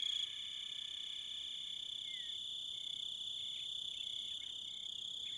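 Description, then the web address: Crickets giving a steady, continuous high trill. "Sounds of Nature Collection. Crickets And Wolves"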